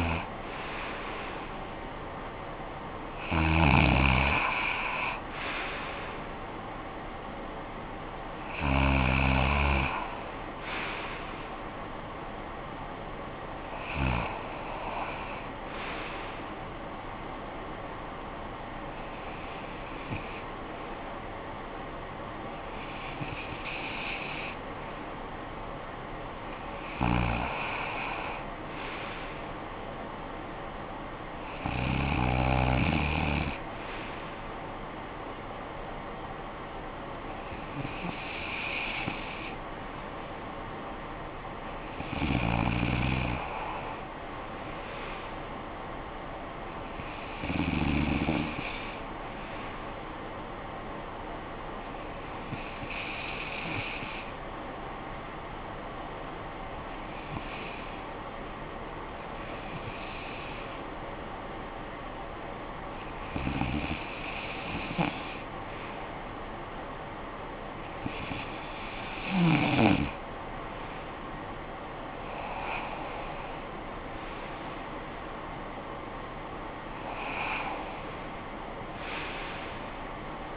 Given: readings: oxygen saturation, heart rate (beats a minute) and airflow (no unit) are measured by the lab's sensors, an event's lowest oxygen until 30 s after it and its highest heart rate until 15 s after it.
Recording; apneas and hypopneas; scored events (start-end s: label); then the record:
breathing in sleep by a voice recorder at the bedside; none
none scored
From the record:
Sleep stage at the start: REM sleep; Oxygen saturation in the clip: 94 to 97%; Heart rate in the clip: 55 to 78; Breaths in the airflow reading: 18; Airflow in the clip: -17.2 to 11.4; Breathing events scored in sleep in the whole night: 445 in 7.6 hours asleep